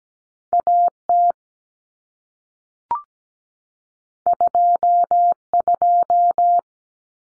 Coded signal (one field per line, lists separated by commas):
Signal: Morse code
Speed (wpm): 17 wpm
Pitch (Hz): 700 Hz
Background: none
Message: AT 22